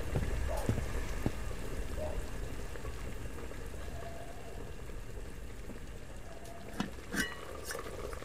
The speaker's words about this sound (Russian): Настя смотрит на кипящую воду.